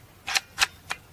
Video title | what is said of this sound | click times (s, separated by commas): 50 Cal Dragon Claw!!! First Shots Range Day [EPIC Big Bore Air Rifle] 🐲🐲🐲 | 2 clicks all the way back. | 0.4 s, 0.6 s